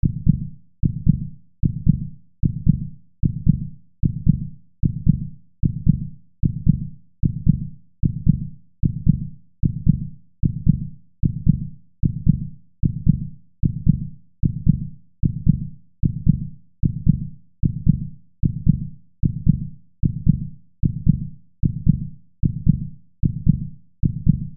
Heartbeat 78 BPM.